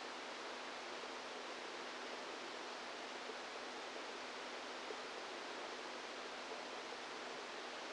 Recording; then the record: brain microelectrode recording played as sound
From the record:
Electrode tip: outside the subthalamic nucleus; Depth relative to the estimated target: -6 mm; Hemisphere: right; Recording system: NeuroSet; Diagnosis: Parkinson's disease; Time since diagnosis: 10 years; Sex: female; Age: 45 years